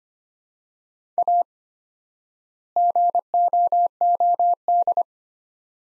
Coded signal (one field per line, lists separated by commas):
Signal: Morse code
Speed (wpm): 25 wpm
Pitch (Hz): 700 Hz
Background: none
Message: A GOOD